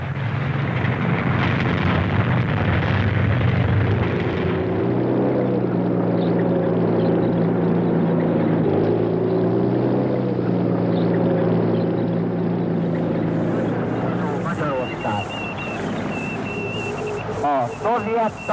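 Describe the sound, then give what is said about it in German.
Tanks roll through the streets of Budapest as light snow falls, with a loud, steady low rumble of heavy engines and droning mechanical hum, joined near the end by rattling, squealing clanks from the tracks. “Es begann leicht zu schneien und es war ruhig und friedlich, aber auf den Straßen rollten die Panzer.”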